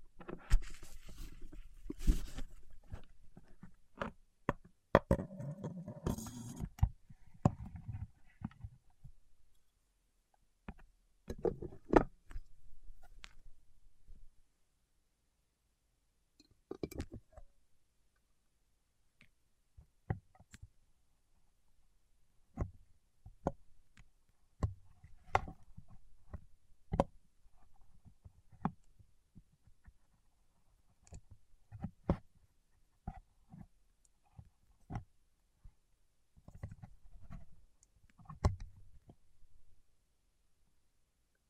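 Fingertips tap, rub and click on wax, in short sharp ticks spread irregularly across the clip with quiet gaps between them. Denser stretches of scraping and low thumping come near the start and again around 12 and 37 seconds.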